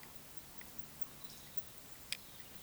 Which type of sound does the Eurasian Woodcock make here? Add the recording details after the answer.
whistle, croak. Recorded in Baden-Württemberg, Germany, on 11 June 2021 at 20:04 UTC. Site 24606, 635 m above sea level